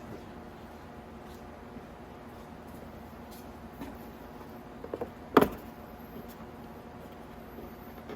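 A small tab on the plastic fairing panel of a Venom X22 125cc motorcycle is pushed into its slot on the body on the second side. Two softer handling taps come at 4.9 and 5.0 seconds, then a sharp, loud snap at 5.4 seconds as the tab seats into place.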